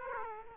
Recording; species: mosquito wingbeat signal from an infrared sensor; Aedes aegypti